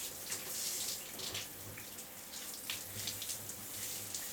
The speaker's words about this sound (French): Passer quelques minutes de plus sous la douche, dans la chaleur.